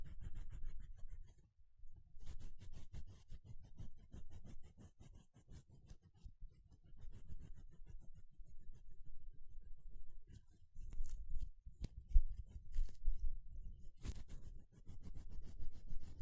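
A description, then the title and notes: Gloves being handled, producing dense, fast rustling and rubbing that stays mostly low with scattered bright crackles. Brief pauses around 2 seconds and near 10 seconds break the texture, and sharper snaps stand out around 12 and 14 seconds. 5 different GLOVES Sounds. (No Talking).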